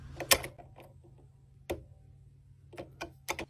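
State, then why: Seated. A gel roller pen is pushed into the pen clamp of a craft cutting machine, lined up so the pen's logo sits above the clamp, and clamped. A short, sharp click at 0.3 s marks the pen seating, surrounded by smaller plastic taps and handling knocks, with another sharp knock at 1.7 s and a couple of rattling taps near 3.3 to 3.4 s. The pen seats in the clamp with a clear click.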